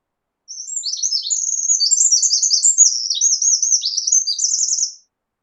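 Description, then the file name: Eurasian wren song: an energetic stream of piercing high notes mixed with rapid rattling trills for roughly four and a half seconds, closing with a fast trill; nothing else heard. "Troglodytes troglodytes"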